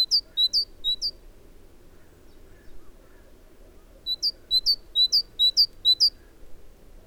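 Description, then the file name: Great tit singing rhythmic two-note phrases, a low note rising to a higher note, in two bursts separated by a few seconds of quiet. "Parus major"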